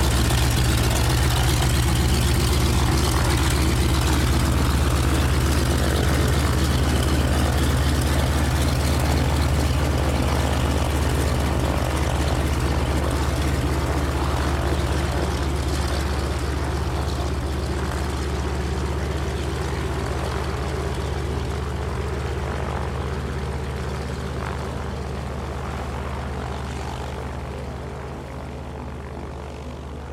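A single-engine propeller bush plane drones steadily, its low, throbbing engine hum dominant with a rougher rasp layered above. The sound stays dense and continuous, holding loud for most of the clip before gradually easing off toward the end.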